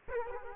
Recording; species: mosquito wingbeat signal from an infrared sensor; Culex quinquefasciatus